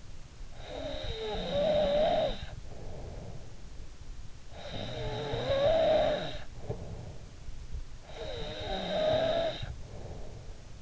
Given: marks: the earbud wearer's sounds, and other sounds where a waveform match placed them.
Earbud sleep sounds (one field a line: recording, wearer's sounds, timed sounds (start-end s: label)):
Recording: sounds in sleep by an in-ear microphone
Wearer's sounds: snoring breath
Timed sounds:
0.00-3.77 s: snoring breath
4.05-10.82 s: snoring breath